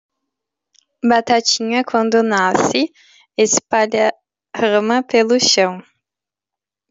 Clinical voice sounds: short text; Brazilian Portuguese; female; 20 to 29 years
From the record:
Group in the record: control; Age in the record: 26 years

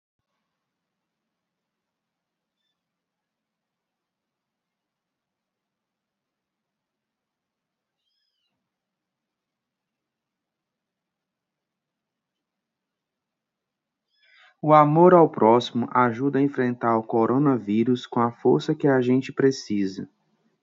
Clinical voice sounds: spoken sentence; Brazilian Portuguese; male; 40 to 49 years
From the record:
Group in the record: control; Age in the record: 44 years

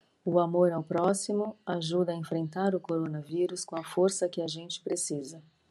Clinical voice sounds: spoken sentence; Brazilian Portuguese; female; 50 to 59 years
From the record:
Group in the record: control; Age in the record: 50 years

